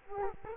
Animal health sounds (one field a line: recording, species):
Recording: mosquito wingbeat signal from an infrared sensor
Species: Culex quinquefasciatus